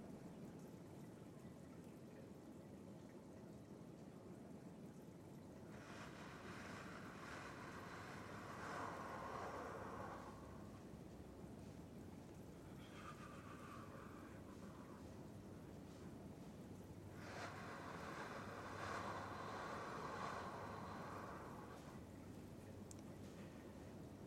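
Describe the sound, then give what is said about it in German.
Quiet indoor swimming pool after public swimming has ended, the water calm, lanes divided by red-and-white lane ropes, air 30°C, 88% humidity, water 27.3°C: a steady low hum and hiss, with soft watery washes swelling up three times and fading, no voices. “Der öffentliche Badebetrieb ist zu Ende. Das Wasser hat sich beruhigt und verdoppelt die Welt.”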